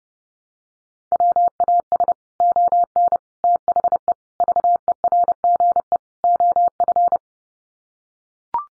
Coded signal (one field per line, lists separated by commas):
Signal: Morse code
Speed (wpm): 30 wpm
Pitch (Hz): 700 Hz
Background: none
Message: WAS ON THE VERGE OF